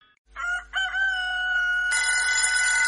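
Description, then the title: Rooster crowing: a short first note, then a long, steady cock-a-doodle-doo that turns harsher and noisier in its final second. "奇奇叫早-猜谜语-狗和公鸡"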